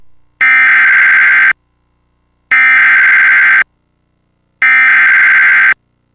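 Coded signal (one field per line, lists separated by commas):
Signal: Emergency Alert System (SAME) tones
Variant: header bursts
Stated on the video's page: Real Severe Thunderstorm Warning alert audio, monitored from an EAS relay network feed.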